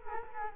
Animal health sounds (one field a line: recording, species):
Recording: mosquito wingbeat signal from an infrared sensor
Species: Culex quinquefasciatus